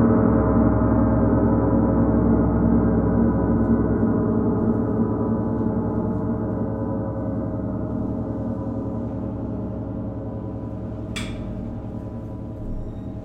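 A gong rings on from the start, a deep, dense, shimmering hum with a steady slow pulse that fades very gradually over the whole thirteen seconds. Around the eleventh second a short, bright tap cuts briefly across the fading tone.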